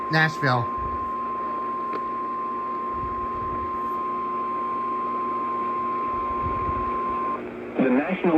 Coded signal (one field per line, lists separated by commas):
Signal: Emergency Alert System (SAME) tones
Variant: 1050 Hz attention tone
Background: speech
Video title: MID SOUTH WRECKAGE - EAS Alerts From 3/29/25 - 3/31/25 (EAS #3595-3639)